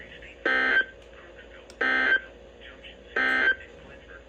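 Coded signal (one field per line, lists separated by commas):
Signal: Emergency Alert System (SAME) tones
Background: speech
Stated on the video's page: Five consecutive alert headers from NOAA Weather Radio station KIG86 in Columbus, Ohio: tornado, flood and three severe thunderstorm warnings.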